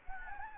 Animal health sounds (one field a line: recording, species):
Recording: mosquito wingbeat signal from an infrared sensor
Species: Anopheles gambiae